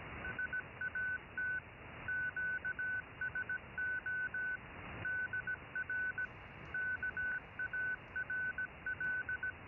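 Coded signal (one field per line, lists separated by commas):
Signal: Morse code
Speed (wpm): 17 wpm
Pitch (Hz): 1500 Hz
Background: none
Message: SAT QSO DR KARL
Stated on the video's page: CW generated in FLDIGI software and transmitted with SDR Console and a Pluto SDR.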